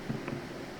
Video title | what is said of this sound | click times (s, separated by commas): ✨ KITCHENAID DISHWASHER - NO WATER 💦? LET'S FIX IT! ✨ | I'm going to push it all the way until it clicks into position. | 0.3 s